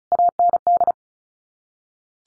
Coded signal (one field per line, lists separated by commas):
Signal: Morse code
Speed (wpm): 34 wpm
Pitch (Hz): 700 Hz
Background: none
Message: AND